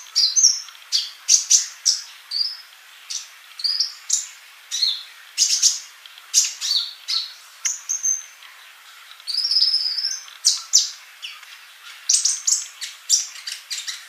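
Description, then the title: Bird song, a long lively sequence of high chirps and whistled phrases, some drawn-out, with short breaks. "Kicau Burung"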